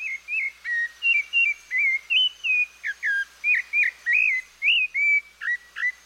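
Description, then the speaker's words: Rufous-bellied Thrush song, a flowing series of clear whistled phrases, rising and falling slurs repeated rapidly for six seconds, with a faint steady high hum behind. Woods in Argentina during the southern summer; the bird resembles the American robin. "From the woods nearby, a lovely song breaks forth. It's a rufous-bellied thrush, a near look-alike of our robin."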